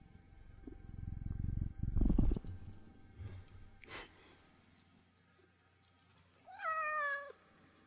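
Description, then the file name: Tabby cat's single wavering meow near the end, after several seconds of low rumbling and thumps. Tabby cat, described as upset. "torre upset tabby cat"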